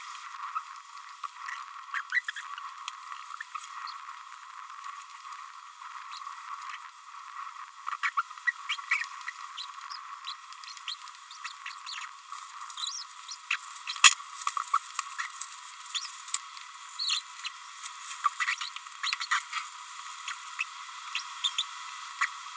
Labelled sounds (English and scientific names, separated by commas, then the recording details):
Green-rumped Parrotlet (Forpus passerinus) babbling
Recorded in a nest box in Venezuela
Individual 18B25A5